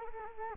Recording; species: mosquito wingbeat signal from an infrared sensor; Culex quinquefasciatus